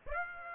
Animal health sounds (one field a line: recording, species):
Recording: mosquito wingbeat signal from an infrared sensor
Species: Aedes aegypti